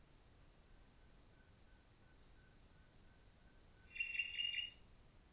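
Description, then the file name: Common nightingale song phrase: a sustained high trill of quickly repeated pulses, then a harsh, rasping burst of lower notes at the end. "Nachtigall"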